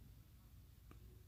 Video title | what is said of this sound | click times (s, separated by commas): [Eng] Build your own PC - Part 3: Cables | there is our L shape and just push hard enough and you can hear the click sound and | 0.9 s